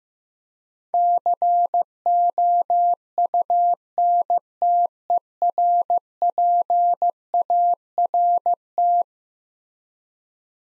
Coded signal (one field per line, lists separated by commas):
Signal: Morse code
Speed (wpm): 15 wpm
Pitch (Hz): 700 Hz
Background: none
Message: COUNTERPART